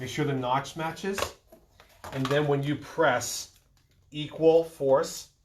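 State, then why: Not seated. A memory stick is handled and lined up, notch to notch, with a motherboard DIMM memory slot while someone talks. A few faint handling sounds come in a pause between the speech. The module has not yet been pressed home, and nothing has seated or clicked yet.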